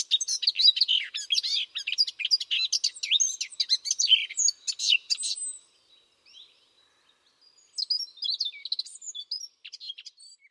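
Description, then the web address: Bird chirping: a busy stream of high twittering notes for over five seconds, then near silence with a few faint peeps, then another lively burst of chirps. "Bird Only"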